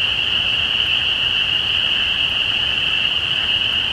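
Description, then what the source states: Spring peeper chorus, many shrill peeps fused into a constant high ring, accompanied by faint low noise. Recorded at Easter 2017.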